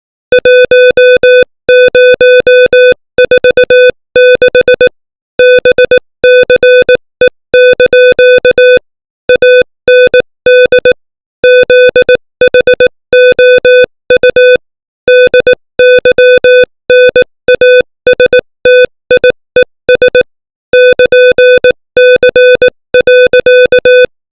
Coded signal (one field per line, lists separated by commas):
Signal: Morse code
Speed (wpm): 18 wpm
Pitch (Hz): 500 Hz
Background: music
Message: 1046 BCE) AND ZHOU DYNASTIES <KN>C.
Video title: Morse Code 18 WPM : Confucianism